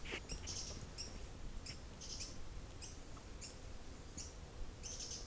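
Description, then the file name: Bird calls: short, sharp, very high chirps scattered unevenly throughout, above a constant low background hum. "SABIOD 50 bird 2015"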